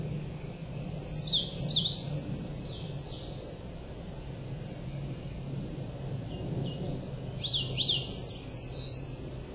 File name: crowned warbler